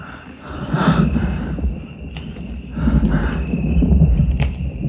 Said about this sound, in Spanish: Oye, su respiración. Creí que era la lluvia.